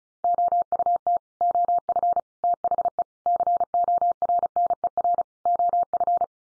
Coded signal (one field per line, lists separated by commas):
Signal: Morse code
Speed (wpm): 34 wpm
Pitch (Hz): 700 Hz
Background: none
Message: OUT OF THE CORNER OF